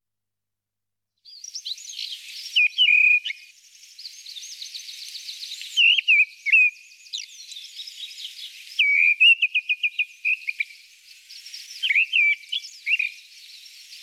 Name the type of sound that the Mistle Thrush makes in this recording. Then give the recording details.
song. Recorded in the wild. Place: Tienschan-Gebirge, KZ. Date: 2000-05-26. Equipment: MiniDisc Sharp MT 20 H. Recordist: Schwarz, Dieter